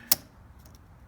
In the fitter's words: until it snaps forward. And you definitely want it to snap.